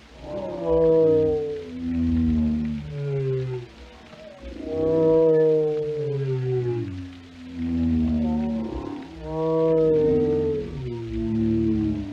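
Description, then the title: Whale moaning in low, rich, downward-gliding tones, grouped in three long phrases roughly four seconds apart, each swelling and fading. "Journey to the Depths: Discovering the World of Whales"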